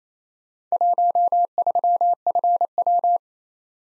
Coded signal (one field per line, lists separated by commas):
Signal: Morse code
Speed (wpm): 28 wpm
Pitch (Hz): 700 Hz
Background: none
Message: 13FW